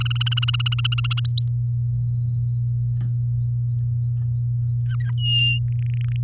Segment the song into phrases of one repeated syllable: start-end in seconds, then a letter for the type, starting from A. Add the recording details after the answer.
0.00-1.20 A, 1.25-1.47 B, 4.86-5.11 C, 5.17-5.59 D, 5.68-6.16 E. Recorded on 6 May 2018 at 12:39. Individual llb16